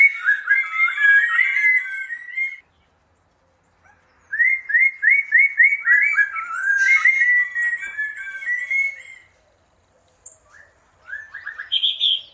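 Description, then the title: Bird song in long bursts of quick rising whistles and warbles, pausing in silence, then resuming with a short phrase ending in a high shrill note. Birdsong used as a masteran for training songbirds. "Masteran Burung"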